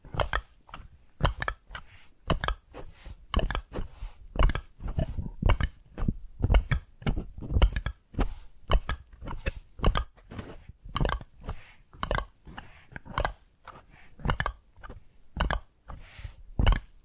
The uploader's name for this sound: Addictive Tapping Triggers